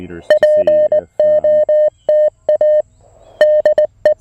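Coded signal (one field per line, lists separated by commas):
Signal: Morse code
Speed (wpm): 19 wpm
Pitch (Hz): 590 Hz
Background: music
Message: POTA DE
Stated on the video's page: QRP Parks on the Air activation on 20 and 40 meters with a Mountain Topper MTR-4B V2.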